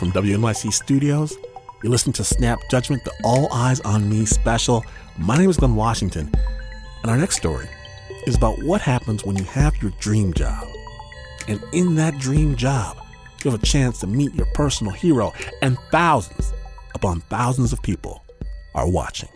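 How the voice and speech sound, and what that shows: An adult man speaks fluently in a relaxed, low-pitched broadcast voice, with natural phrasing and brief pauses between phrases. Articulation is clear and the voice quality is smooth, with no repetitions, blocks or strain. This is ordinary, normal connected speech.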